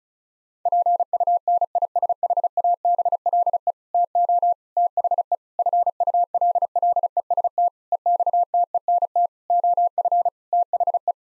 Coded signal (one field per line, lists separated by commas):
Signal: Morse code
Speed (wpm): 36 wpm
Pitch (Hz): 700 Hz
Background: none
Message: PUNISHABLE TO THE FULLEST EXTENT OF THE